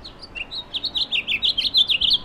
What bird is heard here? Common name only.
House Finch